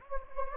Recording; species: mosquito wingbeat signal from an infrared sensor; Anopheles gambiae